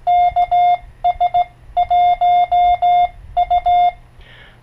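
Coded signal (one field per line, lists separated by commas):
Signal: Morse code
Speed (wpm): 18 wpm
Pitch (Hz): 710 Hz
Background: none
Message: KS1U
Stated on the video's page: Heathkit HD-1410 keyer after teardown, modification and rebuild.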